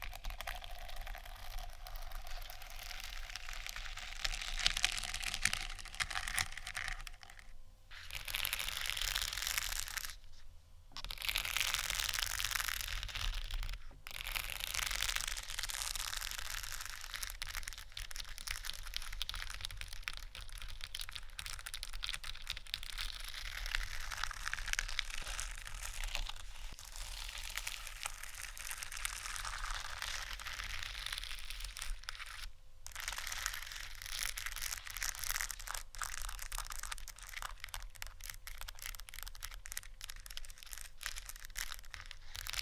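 Scratching and tapping on placemats makes a dense, steady bright rasp with crinkly texture, broken by brief silent gaps near 8, 11, 14 and 33 seconds.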